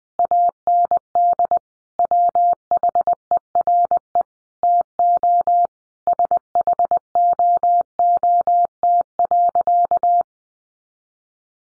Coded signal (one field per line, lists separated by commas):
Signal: Morse code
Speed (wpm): 20 wpm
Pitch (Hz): 700 Hz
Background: none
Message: AND WHERE TO SHOOT.